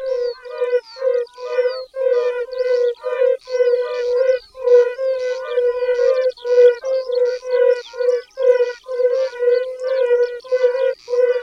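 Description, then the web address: Yellow-bellied toad giving mellow, short, rounded humming notes, repeated in a steady run. "Tajemnice puszczy Kumak gorski"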